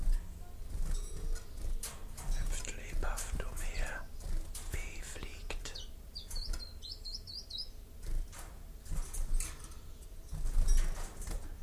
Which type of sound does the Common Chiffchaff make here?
song